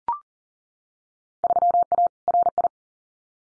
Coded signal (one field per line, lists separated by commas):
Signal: Morse code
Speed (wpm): 40 wpm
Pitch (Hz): 700 Hz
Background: none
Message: 3A RI